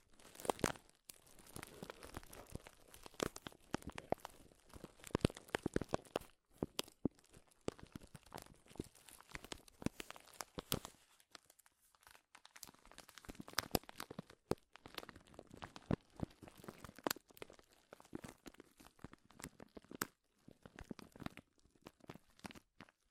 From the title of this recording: Powerful Crinkles